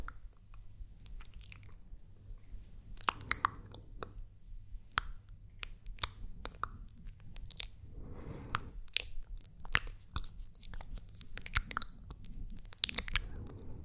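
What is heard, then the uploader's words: Mouth sounds: a rapid, irregular run of wet clicks, smacks and crunchy chewing-like snaps, some very sharp and bright, spread across the whole clip. A few softer breathy swells come in around three and eight seconds, over a low steady hum. ASMR Mouth Sounds.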